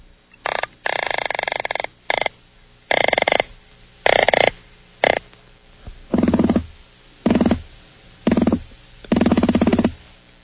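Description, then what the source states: Croaker fish croaks, a series of harsh drumming bursts repeated irregularly with short silences between. Played as an example of fish sounds, which are described as grunts and snorts.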